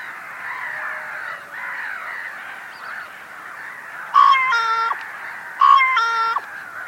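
Bird calling twice in the second half, each call a short sharp note sliding into a flat, reedy harmonic tone, after several seconds of busy background bird chorus.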